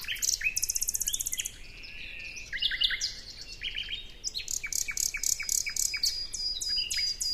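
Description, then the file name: Common nightingale song: a fast high rattle of repeated notes, then varied chirps and a long run of loud, evenly spaced sharp notes. "Luscinia megarhynchos"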